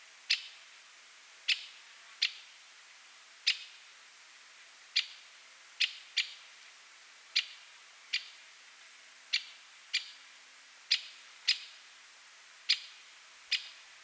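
White-winged Woodpecker calls: sharp, short single notes repeated irregularly about once a second, each a brief broad click, over faint background hiss.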